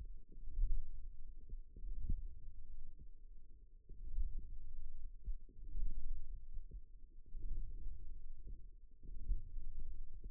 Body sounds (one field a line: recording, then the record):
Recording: forearm muscle sounds (acoustic myography)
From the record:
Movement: hook grip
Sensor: system 1, eight BSWA MPA416 microphones around the upper forearm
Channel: 8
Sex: female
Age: 20 years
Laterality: right